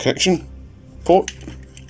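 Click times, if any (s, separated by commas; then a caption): none. Someone talks while a plastic combiner toy robot limb is handled at the connection port on the main body, with a few faint small taps near the end. The part has not seated or clicked into the port yet.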